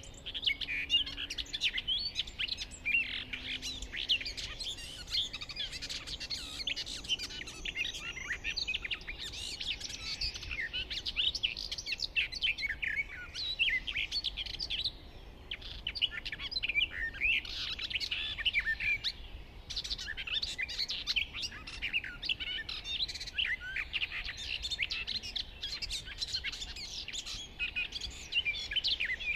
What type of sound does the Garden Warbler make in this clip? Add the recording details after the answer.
song. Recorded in the wild. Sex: male. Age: adult. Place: Hobrechtsfelder Rieselfelder, Naturpark Barnim, Berlin, DE. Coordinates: 52.66, 13.4767. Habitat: decidous forest. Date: 2013-05-12. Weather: sunny, weak winds, 10°C. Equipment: Sound Devices 702, Sennheiser MKH 70, Rycote Windschutz. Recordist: Frommolt, Karl-Heinz